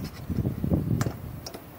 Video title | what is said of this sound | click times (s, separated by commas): Converting a 2006 (2005 - 2009) Ford Mustang GT to E85 (Ethanol) | There we go. And it pops right in. | 1.0 s